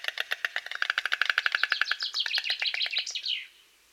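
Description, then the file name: White stork bill clatter, a quick series of hard knocking pulses that blurs into a rattle before stopping abruptly. "Bocian bialy"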